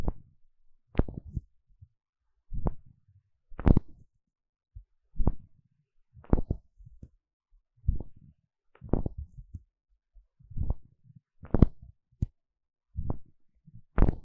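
Ear scratching and tapping comes in short, separate bursts about once a second for the whole stretch. Each burst is a crisp, bright scrape or click over a dull low thump, and near silence fills the gaps between them.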